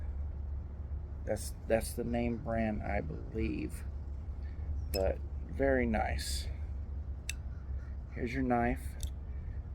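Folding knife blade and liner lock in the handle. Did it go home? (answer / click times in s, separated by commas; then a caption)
yes / 7.3 s. The main steel blade of a folding pocket knife is opened until the liner lock in the handle snaps into place, making a short, sharp click at 7.3 s while someone talks. The blade locks in place.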